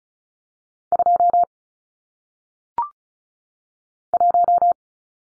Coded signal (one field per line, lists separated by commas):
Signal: Morse code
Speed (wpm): 36 wpm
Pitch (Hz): 700 Hz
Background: none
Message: 2 1